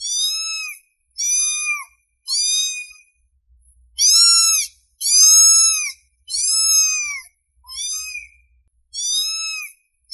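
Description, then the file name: Domestic cat giving a steady run of high, bending meows, roughly one each second, some long and loud, others short and softer. Cute cat meowing. "Tieng meo keu de thuong"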